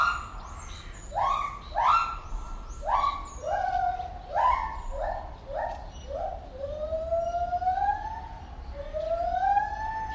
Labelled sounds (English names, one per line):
Lar Gibbon